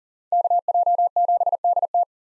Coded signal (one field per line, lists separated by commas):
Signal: Morse code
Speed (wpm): 40 wpm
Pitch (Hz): 700 Hz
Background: none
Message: KJ7DT